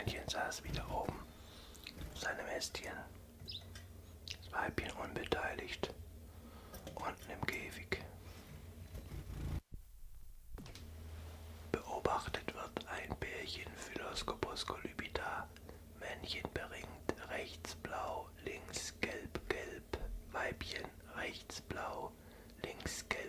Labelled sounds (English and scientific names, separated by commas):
Common Chiffchaff (Phylloscopus collybita)